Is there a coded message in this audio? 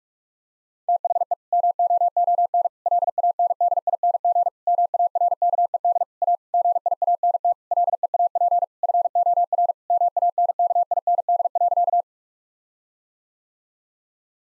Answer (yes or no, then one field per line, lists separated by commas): yes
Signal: Morse code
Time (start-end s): 0.9-12.0 s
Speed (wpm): 46 wpm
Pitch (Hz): 700 Hz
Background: none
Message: THE MOON LANDING MARKED A GIANT LEAP FOR MANKIND.